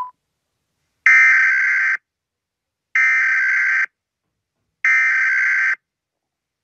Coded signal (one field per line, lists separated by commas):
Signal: Emergency Alert System (SAME) tones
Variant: header bursts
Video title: rating EAS alarms 🚨 Part 1